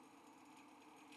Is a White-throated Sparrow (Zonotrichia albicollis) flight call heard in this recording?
no